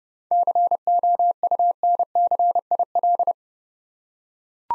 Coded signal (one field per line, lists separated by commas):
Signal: Morse code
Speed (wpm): 29 wpm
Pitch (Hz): 700 Hz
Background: none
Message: COUNCIL